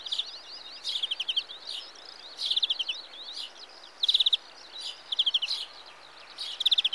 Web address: The BBC Sound Effects Library. Greenfinch (Carduelis Chloris)